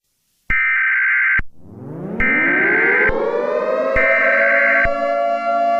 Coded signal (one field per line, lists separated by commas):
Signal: Emergency Alert System (SAME) tones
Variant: header bursts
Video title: EAS Scenario - The Chaos of Santiago - Part 1